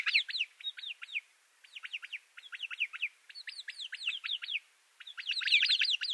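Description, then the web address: Arabian babbler calls: rapid series of sharp, high whistled notes in tight clusters, repeated with brief pauses between groups. "Schulze Peter Arabian Babbler"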